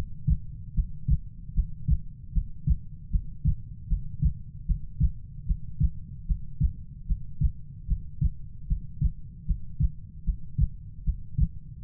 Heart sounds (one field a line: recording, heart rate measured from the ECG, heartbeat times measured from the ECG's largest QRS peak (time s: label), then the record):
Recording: heart sounds by stethoscope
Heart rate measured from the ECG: 76 bpm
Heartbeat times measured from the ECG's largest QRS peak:
0.74 s: heartbeat
1.54 s: heartbeat
2.33 s: heartbeat
3.11 s: heartbeat
3.88 s: heartbeat
4.66 s: heartbeat
5.46 s: heartbeat
6.26 s: heartbeat
7.07 s: heartbeat
7.87 s: heartbeat
8.67 s: heartbeat
9.46 s: heartbeat
10.24 s: heartbeat
11.04 s: heartbeat
11.82 s: heartbeat
From the record:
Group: healthy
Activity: breath hold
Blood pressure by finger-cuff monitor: 99/63 mmHg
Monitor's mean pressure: 73 mmHg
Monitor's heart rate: 76 bpm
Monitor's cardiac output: 6.3 L/min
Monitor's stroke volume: 83 mL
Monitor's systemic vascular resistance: 840 dyn s/cm5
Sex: female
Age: 19 years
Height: 163 cm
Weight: 48.9 kg